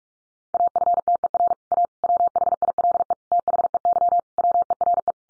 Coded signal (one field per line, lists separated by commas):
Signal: Morse code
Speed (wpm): 44 wpm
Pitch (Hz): 700 Hz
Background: none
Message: AFTER A WHILE THEY WERE